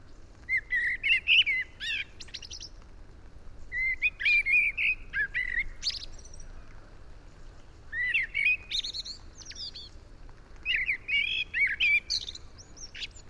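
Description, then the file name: A blackbird sings four separate verses, each a flowing whistled run followed by a sharp, strained squeak, with short silences between them. "Turdus merula"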